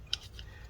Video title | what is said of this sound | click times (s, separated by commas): Acer Nitro 5 N20C1 Disassembly RAM SSD Hard Drive Upgrade Battery LCD Screen Replacement Repair | You should feel it somewhat kind of like a click into place. | 0.1 s